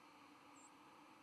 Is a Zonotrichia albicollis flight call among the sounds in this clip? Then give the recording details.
no. Another species' flight call is heard. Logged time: 02:40 on 12 November 2014